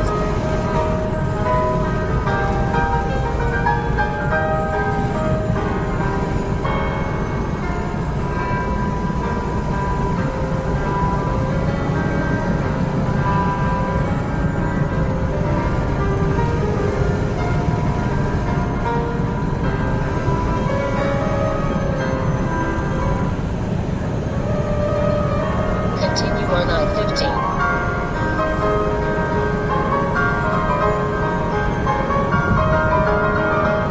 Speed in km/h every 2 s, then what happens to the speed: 93, 95, 95, 97, 100, 100, 101, 100, 100, 100, 100, 100, 100, 97, 98, 98, 100.
0-11 speeds up to 101. 11-34 steady at about 100.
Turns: none.